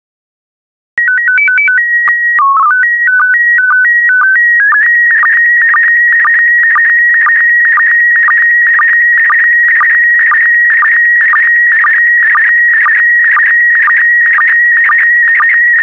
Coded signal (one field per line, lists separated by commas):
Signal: SSTV (slow-scan television)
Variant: PD 120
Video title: 47131 Turkey Volume II SSTV PD120